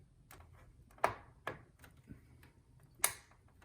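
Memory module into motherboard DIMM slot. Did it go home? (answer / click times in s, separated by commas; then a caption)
yes / 1.0 s, 3.0 s. A RAM stick (memory module) is lined up with a motherboard DIMM slot and pushed down until its retention clips snap. Sharp snaps ring out at 1.0 s and 3.0 s, with a weaker click at 1.5 s and faint taps around 0.3, 1.8 and 2.4 s. The module is seated in the slot.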